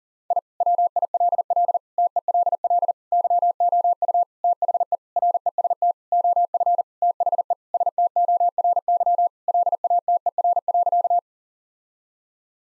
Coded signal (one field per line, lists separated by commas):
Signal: Morse code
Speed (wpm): 40 wpm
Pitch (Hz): 700 Hz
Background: none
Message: I WILL TELL YOU THE REST OF THE STORY LATER.